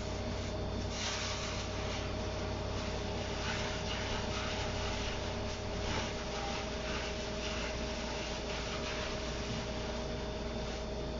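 Kitchen sounds while making a sake-lees pickling bed: a steady, unchanging low machine hum runs throughout, with a few held tones above it. Soft, bright scraping and rustling bursts come and go, most noticeably near the start and around the middle.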